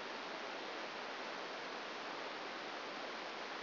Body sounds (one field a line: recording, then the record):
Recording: brain microelectrode recording played as sound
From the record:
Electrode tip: outside the subthalamic nucleus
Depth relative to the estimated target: 4 mm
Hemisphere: left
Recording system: AlphaMap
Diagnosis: Parkinson's disease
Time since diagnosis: 9 years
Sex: male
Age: 68 years